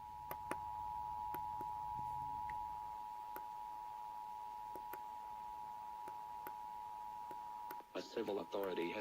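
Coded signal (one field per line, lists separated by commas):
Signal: Emergency Alert System (SAME) tones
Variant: 853 and 960 Hz attention tone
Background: speech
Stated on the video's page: Oregon's required monthly test.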